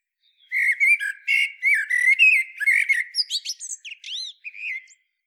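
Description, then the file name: Common blackbird delivering a continuous phrase of rich, rapid fluted notes that breaks into scratchy, high-pitched twitters before stopping. "Turdus merula"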